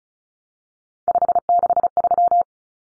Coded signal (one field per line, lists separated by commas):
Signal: Morse code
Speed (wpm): 34 wpm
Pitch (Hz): 700 Hz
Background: none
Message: 563